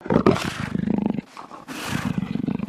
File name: sonido jaguar